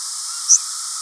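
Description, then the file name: Northern waterthrush flight call: a single very short, high, thin note standing out above a steady background hiss. "nowafl"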